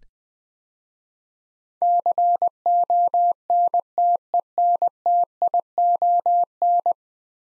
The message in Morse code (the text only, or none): CONTENTION